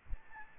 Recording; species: mosquito wingbeat signal from an infrared sensor; Aedes albopictus